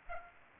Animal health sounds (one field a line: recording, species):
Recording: mosquito wingbeat signal from an infrared sensor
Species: Aedes aegypti